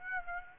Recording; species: mosquito wingbeat signal from an infrared sensor; Aedes aegypti